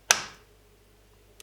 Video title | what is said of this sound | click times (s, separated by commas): Building my New 2400€ Editing PC | I align the card with the slot and press down until it clicks once | 0.1 s